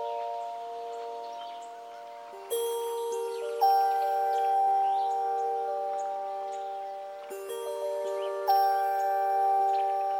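Wind chimes ring along the Anza Trail by the Santa Cruz River, long mid-pitched tones hanging and slowly fading. Fresh strikes come about every one to four seconds, brightening the ring each time, while faint bird chirps flicker in the background.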